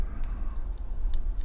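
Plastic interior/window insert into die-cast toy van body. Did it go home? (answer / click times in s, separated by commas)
no / none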